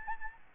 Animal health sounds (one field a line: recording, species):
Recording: mosquito wingbeat signal from an infrared sensor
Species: Aedes albopictus